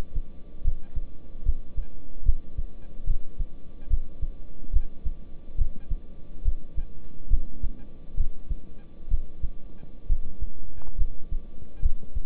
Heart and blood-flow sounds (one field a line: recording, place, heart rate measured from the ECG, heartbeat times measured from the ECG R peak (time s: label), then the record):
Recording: heart sounds by stethoscope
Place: between the tricuspid and mitral areas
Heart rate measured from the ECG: 70 bpm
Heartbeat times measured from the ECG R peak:
0.65 s: heartbeat
1.46 s: heartbeat
2.26 s: heartbeat
3.07 s: heartbeat
3.90 s: heartbeat
4.73 s: heartbeat
5.58 s: heartbeat
6.45 s: heartbeat
7.31 s: heartbeat
8.17 s: heartbeat
9.11 s: heartbeat
10.09 s: heartbeat
10.98 s: heartbeat
11.82 s: heartbeat
From the record:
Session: rest, lying down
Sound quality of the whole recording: good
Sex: male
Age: 26 years